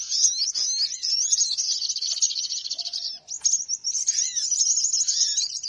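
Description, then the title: Birds chattering in a dense, busy chorus of high twitters and trills, with a short lower whistled note partway through. Lure sound of noisy chattering birds used to attract birds, which reportedly gathered close soon after it began. "Baru Diputar Dah Banyak Merapat! Suara Pikat Burung Ribut"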